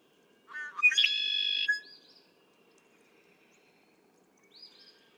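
Red-winged blackbird song: a short stuttered opening that runs into a loud buzzy, harmonic trill, then faint slurred notes.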